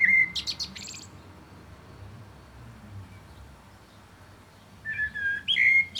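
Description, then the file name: Common blackbird: a high twittering flourish at the start, then a quiet gap before a new fluted, warbling phrase with squeaky notes. "Turdus merula"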